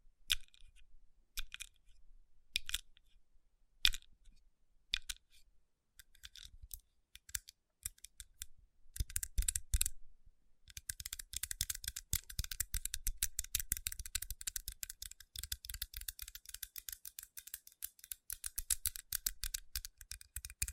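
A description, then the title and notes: Fingertips tap on rhinestone-covered palms, making sharp, bright clicks that start sparse and irregular with gaps between them. From about eleven seconds the tapping becomes a dense, rapid patter with a rubbing, crackly texture, like fast typing, continuing steadily to the end. Tapping & Rubbing Rhinestone Covered Palms.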